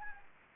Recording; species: mosquito wingbeat signal from an infrared sensor; Anopheles gambiae